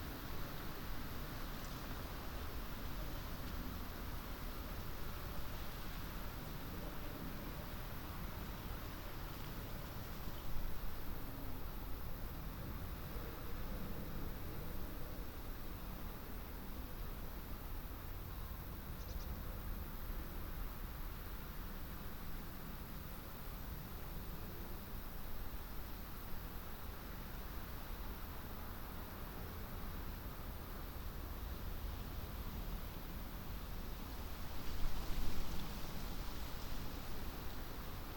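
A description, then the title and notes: A summer meadow at a woodland edge gives a steady, dense outdoor hush with soft rustling and a low rumble underneath, like distant traffic. Brief louder swells come around 11 seconds and again near 35 seconds, otherwise the scene stays even. Summer meadow woodland edge. How banks of soft summer air move spatially across the treetops. We travelled into Hertfordshire (by train and on foot of course) to take this sound photograph from as near as possible to the Clinton Baker Pinetum one lunchtime last week.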